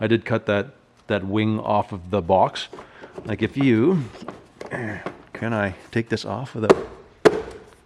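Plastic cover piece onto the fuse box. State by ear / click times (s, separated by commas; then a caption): seated / 7.3 s. A plastic cover piece is pressed back onto a stock LS fuse box, with one wing cut off, while laying out the wiring harness for a 55 Chevy Napco clone. Someone talks through most of the clip, then a sharp snap is heard at 7.3 s as the cover seats firmly in place.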